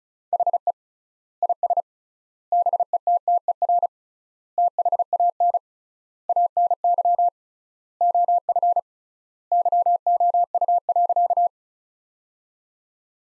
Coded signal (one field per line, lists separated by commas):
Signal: Morse code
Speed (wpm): 36 wpm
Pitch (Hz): 700 Hz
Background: none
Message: HE IS BETTER THAN ANY OF YOU.